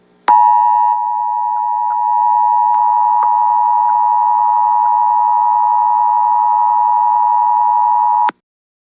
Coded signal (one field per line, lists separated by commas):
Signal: Emergency Alert System (SAME) tones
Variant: 853 and 960 Hz attention tone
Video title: EAS Tornado Warning For St. Louis Mo On 04-28-20 (Edited Version).